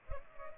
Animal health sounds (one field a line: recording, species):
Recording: mosquito wingbeat signal from an infrared sensor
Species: Culex pipiens